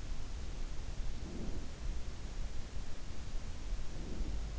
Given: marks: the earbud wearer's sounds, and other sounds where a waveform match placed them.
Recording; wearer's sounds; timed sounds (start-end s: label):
sounds in sleep by an in-ear microphone; breath
1.07-1.78 s: breath
3.86-4.48 s: breath